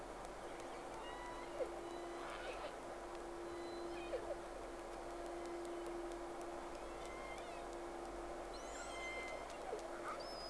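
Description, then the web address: Whale calls, faint whistled sweeps and short rising squeals scattered throughout, with sparse clicks over a steady low mechanical hum. Two whales, recorded 3 October 2006, Round 1, Sea Snake. "Sea Snake 10-3-06 Whales X 2 11-30 Round 1"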